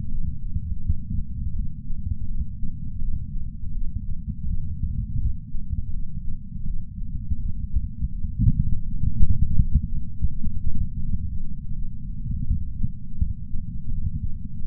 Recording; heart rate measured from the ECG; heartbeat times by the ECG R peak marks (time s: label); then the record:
heart sounds by patch sensor on the chest; 83 bpm
0.83 s: heartbeat
1.55 s: heartbeat
2.27 s: heartbeat
3.00 s: heartbeat
3.73 s: heartbeat
4.47 s: heartbeat
5.19 s: heartbeat
5.92 s: heartbeat
6.66 s: heartbeat
7.39 s: heartbeat
8.11 s: heartbeat
8.84 s: heartbeat
9.57 s: heartbeat
10.29 s: heartbeat
11.01 s: heartbeat
11.74 s: heartbeat
12.46 s: heartbeat
13.18 s: heartbeat
13.90 s: heartbeat
14.64 s: heartbeat
From the record:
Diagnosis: coronary artery disease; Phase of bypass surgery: preoperative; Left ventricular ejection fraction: 51.7%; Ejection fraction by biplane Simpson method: 50.1%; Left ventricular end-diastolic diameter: 56 mm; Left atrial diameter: 44 mm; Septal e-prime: 6.6 cm/s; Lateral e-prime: 7.4 cm/s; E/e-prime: 12.8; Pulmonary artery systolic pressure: 46 mmHg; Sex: female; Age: 69 years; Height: 155 cm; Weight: 70 kg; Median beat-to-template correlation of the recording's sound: 0.76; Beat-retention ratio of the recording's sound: 0.97